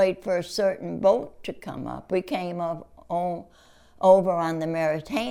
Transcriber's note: none